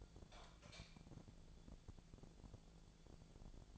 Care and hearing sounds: daily activity, microphone in the room; light on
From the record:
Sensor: 5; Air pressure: 1000.2 hPa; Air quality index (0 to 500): 97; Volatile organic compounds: 1 ppm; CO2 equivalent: 787 ppm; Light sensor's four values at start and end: 209/497/212/234 and 210/502/214/236

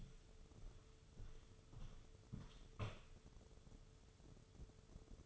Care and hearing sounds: daily activity, microphone in the room; walk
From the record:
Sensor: 4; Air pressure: 995.2 hPa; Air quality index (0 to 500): 212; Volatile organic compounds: 224 ppm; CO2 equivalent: 4288 ppm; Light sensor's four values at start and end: 13/34/13/15 and 13/34/13/15

